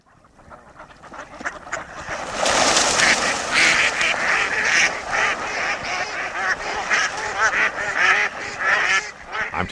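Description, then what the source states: Mallards quacking in a dense chorus of overlapping harsh calls, growing louder after about two seconds and continuing throughout. Recorded in New York State.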